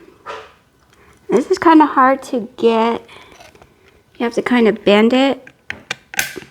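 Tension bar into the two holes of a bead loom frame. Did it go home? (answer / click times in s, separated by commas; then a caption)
yes / 5.7 s. Someone talks while bending the tension bar of a bead loom and pushing its ends into the two holes in the loom frame. Sharp, loud mechanical hits follow at about 5.7 s, 5.9 s and 6.1 s as the bar snaps into the holes and seats in place at 5.7 s.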